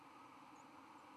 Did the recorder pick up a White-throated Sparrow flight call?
no